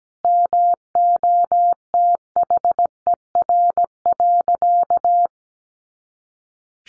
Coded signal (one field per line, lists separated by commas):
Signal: Morse code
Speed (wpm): 17 wpm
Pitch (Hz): 700 Hz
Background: none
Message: MOTHER.